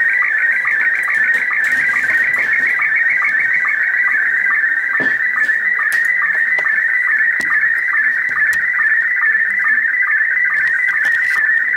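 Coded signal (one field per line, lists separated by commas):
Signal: SSTV (slow-scan television)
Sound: steady warbling, chirpy tone with a rhythmic low blip about every 0.4 seconds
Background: shortwave radio static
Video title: Wolverine radio pirate shortwave strong 6940 khz with SSTV image decode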